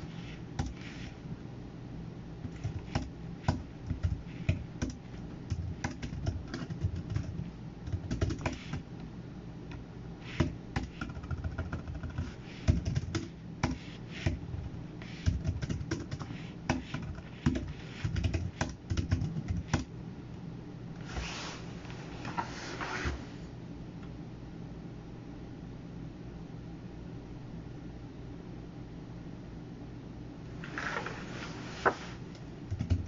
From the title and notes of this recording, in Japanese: パソコン作業中の音です。Eluに画像を出品する → メール送信など他のことを行う → eluに画像を出品する の順で行っています。